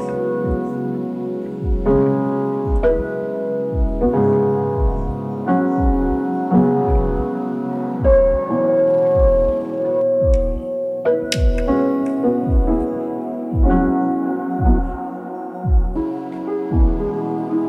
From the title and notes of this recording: A piano which belonged to my great grandmother. This is from 1873 and sounds unbelievably lovely. Recorded with a dynamic mic going into a Doepfer A-119 and recorded by the Morphagene.